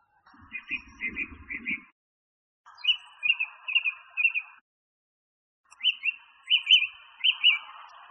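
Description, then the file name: Song thrush song: three phrases of short whistled notes, each note repeated several times, separated by pauses, over low background noise. Masteran recording used for training songbirds. "suara masteran songthrush"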